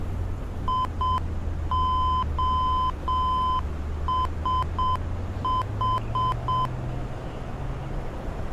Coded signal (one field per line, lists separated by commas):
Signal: Morse code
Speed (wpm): 7 wpm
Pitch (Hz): 1020 Hz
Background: none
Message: IOSH